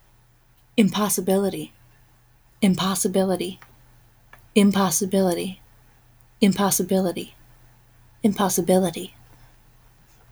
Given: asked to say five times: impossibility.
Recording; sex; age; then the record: repeated word; female; 20 to 29 years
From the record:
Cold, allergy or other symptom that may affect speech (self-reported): no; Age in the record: 22 years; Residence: Texas, United States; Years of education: 16